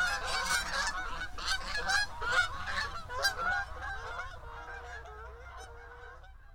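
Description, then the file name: Goose: geese honking in flight, a loud overlapping chorus of nasal calls that gradually fades over about six seconds, with low rumbling noise beneath. Geese flying over. "Birds Flyby Geese"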